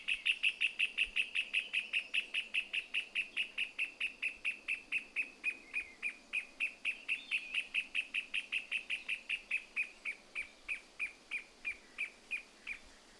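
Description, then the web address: Pale-legged hornero song: a loud, rapid string of harsh repeated notes that slows slightly and fades toward the end. "Pale legged hornero. صدای-پرنده-هورنرو-پاروشن"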